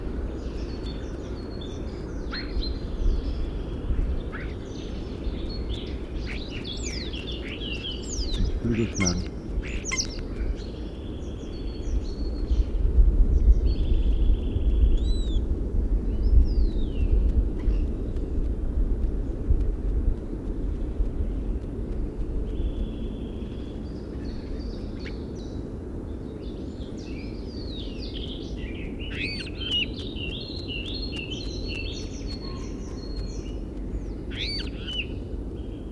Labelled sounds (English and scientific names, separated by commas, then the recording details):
European Starling (Sturnus vulgaris)
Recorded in the wild
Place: Lieberose, Brandenburg, DE
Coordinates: 51.983, 14.299
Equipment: Nagra III BH, Sennheiser MD 21, parabola
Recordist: Schubert, Michael
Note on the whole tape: Gesang u. Rufe von einem Star vor der Bruthöhle, u. a. m. Imitation v. Wasserralle